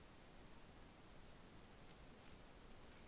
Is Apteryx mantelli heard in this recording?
no